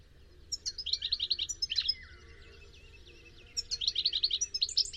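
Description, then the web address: Bird calling in two quick bursts of bright high chirps separated by a pause, over low background noise. "cianscape birddata Deverinetal 2025 Bird Only Ca Ca Ca Ca"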